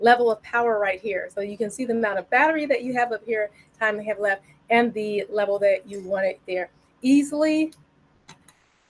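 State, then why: Seated. Someone talks for most of the clip, then a part is pushed into place on a Vitamix blender container, onto its base. Two short, quiet snaps are heard at 8.3 s and 8.5 s as it snaps shut, showing it is secure.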